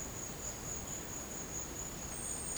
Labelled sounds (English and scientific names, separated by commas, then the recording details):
none
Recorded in dense forest near Puerto Asís, Putumayo, Colombia, on 24 March 2025 at 09:00
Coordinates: 0.500, -76.322
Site GP06